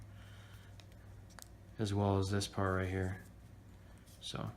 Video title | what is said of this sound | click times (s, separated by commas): Samsung Galaxy S4 Rear Camera Replacement Fix | snaps down flush, | 0.8 s, 1.4 s